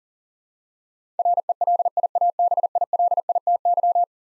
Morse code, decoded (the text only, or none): RELIABILITY